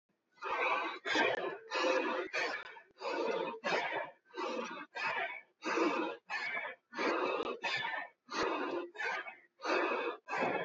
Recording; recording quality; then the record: shallow breathing; excellent, no background noise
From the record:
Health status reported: healthy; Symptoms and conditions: none ticked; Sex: male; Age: 30 years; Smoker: not ticked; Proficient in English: yes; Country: India